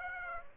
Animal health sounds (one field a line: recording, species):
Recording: mosquito wingbeat signal from an infrared sensor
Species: Aedes aegypti